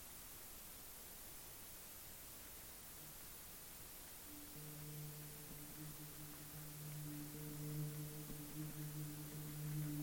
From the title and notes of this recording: Cheap feed back and gentle filtration; rain, always, obviously. Hiss.